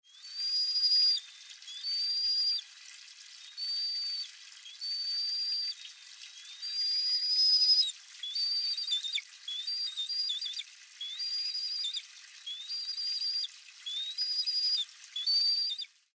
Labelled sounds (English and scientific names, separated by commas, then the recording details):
Black Kite (Milvus migrans)
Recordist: Tembrock, Günter
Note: Erwachsenenes Tier beim Futterbetteln